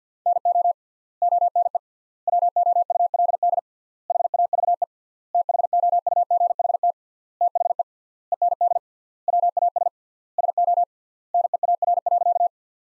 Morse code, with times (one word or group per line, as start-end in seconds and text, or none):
0.3-0.7 NO
1.2-1.8 ONE
2.3-3.6 WOULD
4.1-4.8 HAVE
5.3-6.9 THOUGHT
7.4-7.8 THE
8.3-8.8 END
9.3-9.9 WAS
10.4-10.8 SO
11.3-12.5 NEAR.